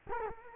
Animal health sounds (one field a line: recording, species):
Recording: mosquito wingbeat signal from an infrared sensor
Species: Culex quinquefasciatus